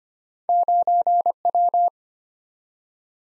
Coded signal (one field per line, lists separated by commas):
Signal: Morse code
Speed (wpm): 25 wpm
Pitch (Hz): 700 Hz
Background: none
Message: 9W